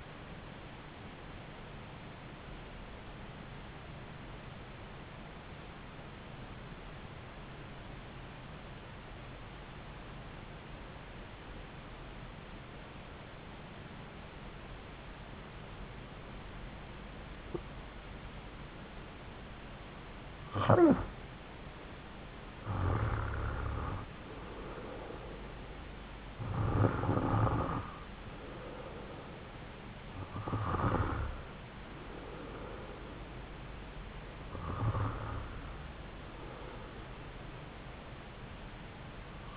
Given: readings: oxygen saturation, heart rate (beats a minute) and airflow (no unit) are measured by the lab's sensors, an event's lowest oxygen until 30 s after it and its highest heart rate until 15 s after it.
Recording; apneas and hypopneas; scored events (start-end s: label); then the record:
breathing in sleep by a voice recorder at the bedside; 1
9.00-20.30 s: obstructive apnea (REM, oxygen 95% highest, then 88% lowest)
From the record:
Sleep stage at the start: REM sleep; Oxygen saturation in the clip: 89 to 96%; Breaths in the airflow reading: 5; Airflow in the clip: -5.3 to 4.3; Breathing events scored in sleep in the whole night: 270 in 6.1 hours asleep